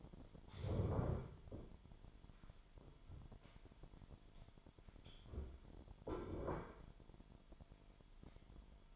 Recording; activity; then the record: daily activity, microphone in the room; stand up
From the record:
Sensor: 5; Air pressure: 998.6 hPa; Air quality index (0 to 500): 86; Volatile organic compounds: 2 ppm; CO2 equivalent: 991 ppm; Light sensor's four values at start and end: 37/89/37/41 and 40/97/40/45